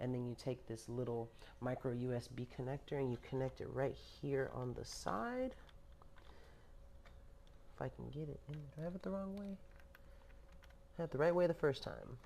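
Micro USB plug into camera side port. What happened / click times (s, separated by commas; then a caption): Small plug being lined up, no seating click / none. A micro USB plug is held and lined up with the side port of a camera, ready to be pushed in. Someone talks, and a few faint ticks are heard between the words. Nothing has seated or clicked yet, and there is worry about inserting it the wrong way.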